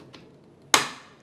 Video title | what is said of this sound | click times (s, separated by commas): Cara menggunakan senapan angin PCP BOCAP TERMINATOR untuk pemula | sampai dia berbunyi klik ya sampai dia mengunci kalau sudah ya kalau | 0.7 s